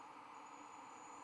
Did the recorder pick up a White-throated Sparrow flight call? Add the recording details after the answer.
no. No flight call is heard. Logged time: 06:20 on 1 December 2014